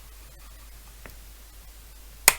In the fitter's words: there we go that's gone in i don't know if you've heard that click